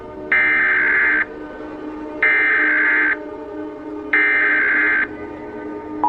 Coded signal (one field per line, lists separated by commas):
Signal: Emergency Alert System (SAME) tones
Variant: header bursts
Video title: EAS Scenario Short: Monster Mapleshade